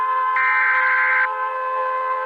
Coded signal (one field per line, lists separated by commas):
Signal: Emergency Alert System (SAME) tones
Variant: header bursts